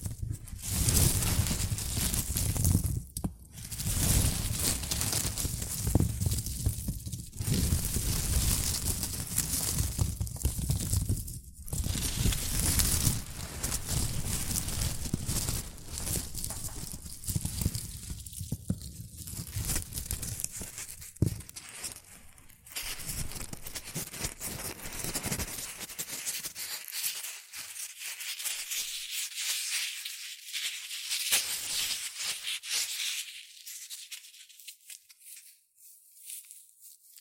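Dense, continuous rustling and crinkling of shredded tissue and packing peanuts, full and rumbling early, thinning to bright, lighter crackles after about 26 seconds.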